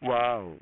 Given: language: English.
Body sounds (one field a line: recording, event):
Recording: throat vibration sensor signal played as sound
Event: speech